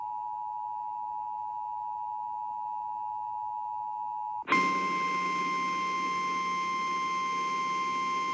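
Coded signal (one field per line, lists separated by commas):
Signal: Emergency Alert System (SAME) tones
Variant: 853 and 960 Hz attention tone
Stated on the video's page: Weather alerts caught during a severe weather event.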